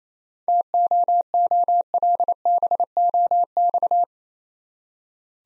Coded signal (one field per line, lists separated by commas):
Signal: Morse code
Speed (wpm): 27 wpm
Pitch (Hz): 700 Hz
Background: none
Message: TOOLBOX